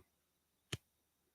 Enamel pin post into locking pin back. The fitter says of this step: did you hear that